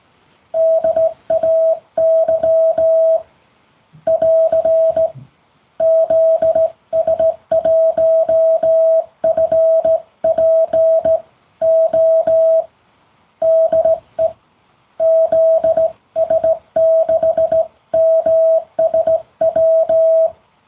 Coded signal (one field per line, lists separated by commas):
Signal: Morse code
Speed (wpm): 17 wpm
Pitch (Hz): 650 Hz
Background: music, radio noise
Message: DAY <AR> ZS1FPO DE ZS6MSW